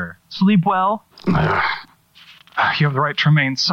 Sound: growls

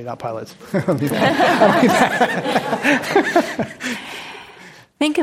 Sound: laughter

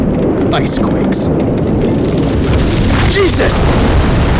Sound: FX – Nearby, ice shatters, and a plume of water starts spraying forth

